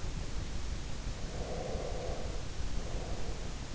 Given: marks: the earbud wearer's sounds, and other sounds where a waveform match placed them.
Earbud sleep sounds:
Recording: sounds in sleep by an in-ear microphone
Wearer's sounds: breath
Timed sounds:
1.31-3.71 s: breath

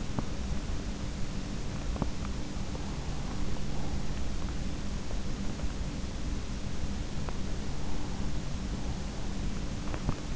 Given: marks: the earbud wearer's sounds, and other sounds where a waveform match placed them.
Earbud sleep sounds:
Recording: sounds in sleep by an in-ear microphone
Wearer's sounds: teeth grinding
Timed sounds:
0.00-0.47 s: teeth grinding
1.78-2.26 s: teeth grinding
7.14-7.71 s: teeth grinding
9.84-10.35 s: teeth grinding

